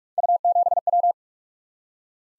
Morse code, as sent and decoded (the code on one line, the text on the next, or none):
..- --... .--
U7W